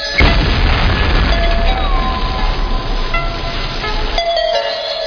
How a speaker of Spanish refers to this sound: Hace 13.700 millones de años, en una violenta y enceguecedora explosión, se inició la historia.